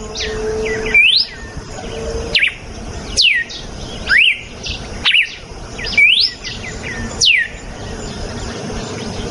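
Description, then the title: Red-cowled cardinal whistling steady phrases, alternating steep falling swoops and rising upslurs about once a second. Female; natural song. "Canto Galo Campina Fêmea. GALO DE CAMPINA CANTO NATURAL. galo de campina cantando. canto de galo de campina"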